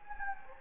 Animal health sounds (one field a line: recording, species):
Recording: mosquito wingbeat signal from an infrared sensor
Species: Anopheles gambiae